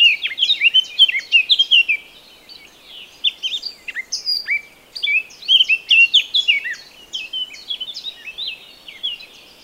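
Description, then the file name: Eurasian blackcap song: a fast, varied warble of clear whistled and scratchy notes in bursts of a few seconds, with short pauses between phrases. "Sylvia atricapilla"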